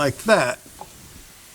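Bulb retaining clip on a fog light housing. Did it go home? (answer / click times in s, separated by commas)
yes / 0.8 s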